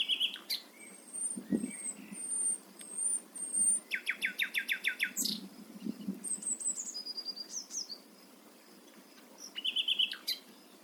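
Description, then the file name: Common nightingale song mixing rapid trills of repeated pulses, sliding notes and thin high whistles. "Luscinia megarhynchos"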